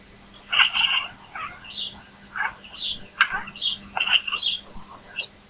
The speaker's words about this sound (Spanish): Y este es un gatito que vio un pajarito y se lo quiere comer.